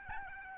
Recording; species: mosquito wingbeat signal from an infrared sensor; Aedes albopictus